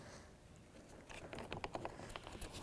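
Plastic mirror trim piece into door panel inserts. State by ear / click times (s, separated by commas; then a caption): not seated / none. The two clips of a plastic interior mirror trim piece are guided toward two inserts on the door panel of a 2002–2006 Nissan Altima. Soft rustling and light plastic taps are heard as it is handled. Nothing has seated or clicked yet.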